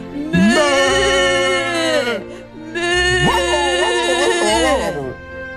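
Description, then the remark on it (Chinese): Two long, loud sheep bleats on a grassland, each drawn out for about two seconds with a quavering, wavering pitch, separated by a brief pause and heard on their own without talk. “草原上响着狗的叫声和羊的叫声，”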